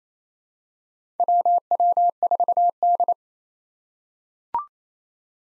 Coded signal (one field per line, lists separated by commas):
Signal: Morse code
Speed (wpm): 28 wpm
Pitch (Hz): 700 Hz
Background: none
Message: WW4D